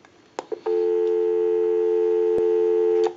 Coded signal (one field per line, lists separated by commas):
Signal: telephone call progress tone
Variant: North America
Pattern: dial tone